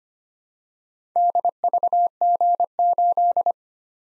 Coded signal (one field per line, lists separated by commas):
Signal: Morse code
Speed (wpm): 25 wpm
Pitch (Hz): 700 Hz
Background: none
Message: DVG8